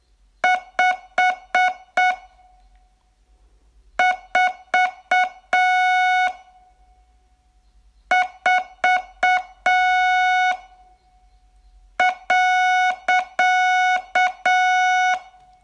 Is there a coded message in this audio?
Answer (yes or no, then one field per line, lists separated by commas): yes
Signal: Morse code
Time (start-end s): 0.4-15.2 s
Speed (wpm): 6 wpm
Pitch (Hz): 730 Hz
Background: none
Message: 5 4 4 .